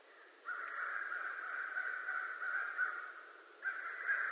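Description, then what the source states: American crow giving a long, drawn-out harsh caw lasting about three seconds, followed by the start of another caw near the end. Recorded 25 November 2011.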